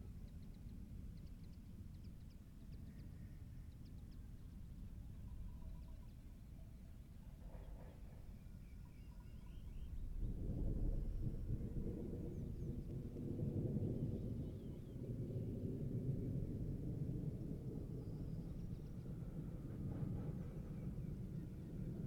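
Low thunder rumbles across an open summer landscape, a steady deep roll filling the first ten seconds. Around ten seconds the rumble swells louder and rougher, rolling on through the end with shifting waves of low growl and faint higher crackle.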